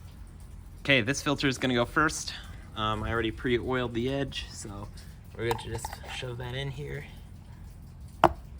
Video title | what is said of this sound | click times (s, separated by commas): Husqvarna Vitpilen/Svart Oil Change 401 2019 | it clicks right in pretty easily. | 8.2 s